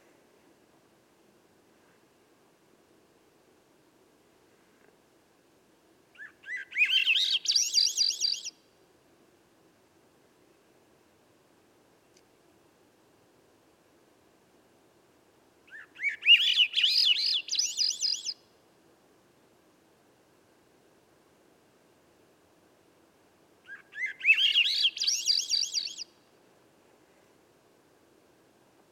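A Swainson's Thrush sings three times, near 7, 16 and 24 seconds, each song lasting about two seconds and spiraling upward from a mid pitch into bright, airy high notes. Between songs there is near silence, with only a faint low hum underneath.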